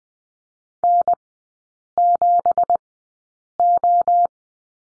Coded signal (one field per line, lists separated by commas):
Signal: Morse code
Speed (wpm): 20 wpm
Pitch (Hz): 700 Hz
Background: none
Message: N7O